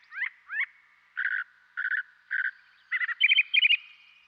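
Northern Mockingbird singing two rising slurred notes, then a buzzy grouped phrase repeated three times, followed by other short grouped phrases.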